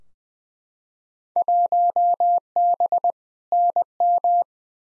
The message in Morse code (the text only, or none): 1B NM